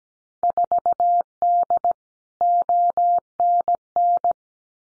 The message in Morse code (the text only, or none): 4D ONN